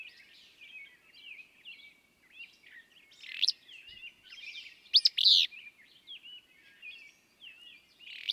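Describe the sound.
Willow flycatcher's sneezy, burry phrases repeat three times, the loudest at midway, while other birds keep up thin whistles and chirps throughout.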